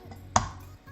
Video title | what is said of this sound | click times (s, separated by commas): Building Pirates of Barracuda Bay - Build, hangout and chat - Part 4 | go, and you kind of lock into place there. | 0.4 s